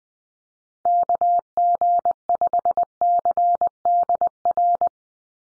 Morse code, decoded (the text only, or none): KG5CDR